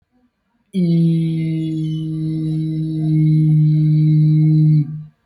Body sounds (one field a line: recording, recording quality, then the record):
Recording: sustained vowel as in beet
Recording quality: excellent, no background noise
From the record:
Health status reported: healthy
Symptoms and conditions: none ticked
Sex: male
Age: 30 years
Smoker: not ticked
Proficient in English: yes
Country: India